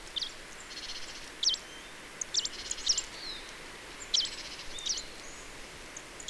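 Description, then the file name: Marsh tit giving sharp, high call notes mixed with brief buzzy rattles, repeated several times against a hissing background. "Poecile palustris"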